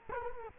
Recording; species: mosquito wingbeat signal from an infrared sensor; Culex quinquefasciatus